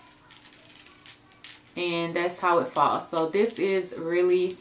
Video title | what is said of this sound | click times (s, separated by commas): Summer Luxury Haul- Bags, Shoes, Jewelry & More | kind of snaps in place, and I'll just kind of hold this up, | 1.4 s